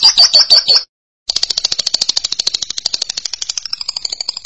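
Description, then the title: Lovebird chatter: a short burst of high buzzy pulses, a brief pause, then a long fast rattling trill. "BM Suara Burung Lovebird"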